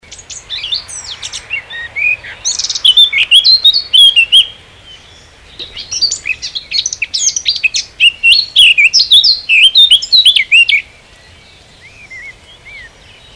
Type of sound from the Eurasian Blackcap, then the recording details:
song. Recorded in the wild. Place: Herzberg am Harz, Niedersachsen, DE. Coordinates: 51.65, 10.34. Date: 1985-06-09. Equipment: Sony WM-D6C, Big Ear. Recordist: Skiba, Reinald